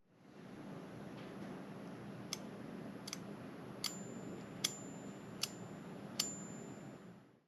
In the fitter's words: Once I've assembled my airbrush, I want to make sure that the needle snaps back into place when I pull it back and release it.